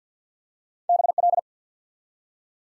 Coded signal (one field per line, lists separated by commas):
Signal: Morse code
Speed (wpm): 52 wpm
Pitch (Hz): 700 Hz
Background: none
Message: BL